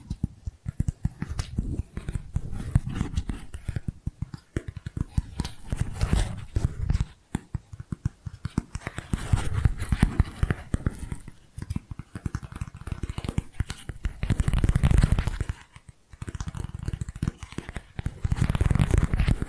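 Rapid, dense tapping runs nearly nonstop, a flurry of quick strikes with a soft, thudding low end and a crinkly, rustling top. The intensity swells and eases in waves, with short pauses near seven and sixteen seconds before the tapping resumes.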